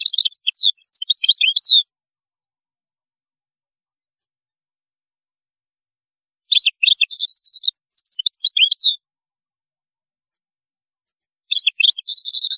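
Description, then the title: European goldfinch song: three bright phrases of rapid tinkling twitters mixed with nasal buzzy trills, separated by pauses of several seconds. "Chant Chardonneret"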